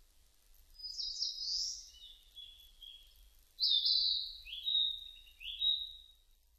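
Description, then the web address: Narcissus flycatcher song: a few slurred whistled phrases, some higher and buzzier, with soft low background noise throughout. Recorded 30 April 2005. "2005 050430 kibitaki"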